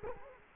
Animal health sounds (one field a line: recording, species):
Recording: mosquito wingbeat signal from an infrared sensor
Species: Culex quinquefasciatus